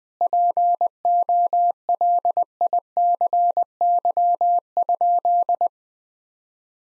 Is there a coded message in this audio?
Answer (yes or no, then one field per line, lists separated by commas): yes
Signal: Morse code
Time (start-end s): 0.2-5.7 s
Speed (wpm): 20 wpm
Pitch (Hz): 700 Hz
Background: none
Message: POLICY?